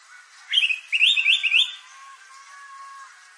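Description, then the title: Bird song: a quick run of bright, chirping notes rising and falling in a bouncy phrase, followed by a faint, thin tone fading out. "LuckyPassaro Completos2Sama"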